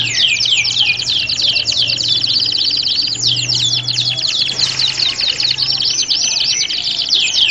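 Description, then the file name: Canary song, a dense stream of high rapid trills and swooping whistled notes without pause, over a steady low hum. Simulation of a standard canary singing contest. "audio simulasi lomba kenari standar"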